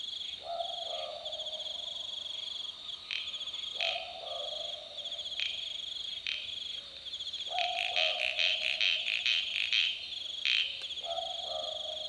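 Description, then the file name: Southern boobook giving soft two-note boo-book calls about every three to four seconds, partly masked by a loud, steady insect chorus with pulsing higher chirps. Recorded on a summer night at 22:18 on 17 February 2014. "22 h 18 m 42 s 17 feb 2014 summer-night 1-boobook"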